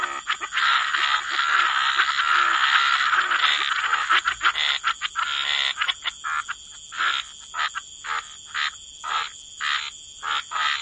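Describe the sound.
Frogs croaking as a thick chorus, then in short regular rasping pulses about every half second, with a steady high tone throughout.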